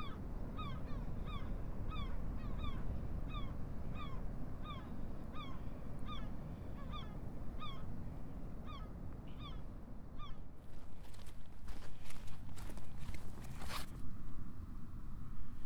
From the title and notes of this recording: Today's walk is from Crackington Haven to Boscastle along the South West Coast Path.